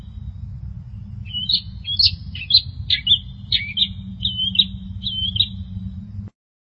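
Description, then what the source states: Long-tailed Shrike singing a soft, fast twittering warble of chirps and short slurred whistles over a steady low hum. Dated March 2017 (201703).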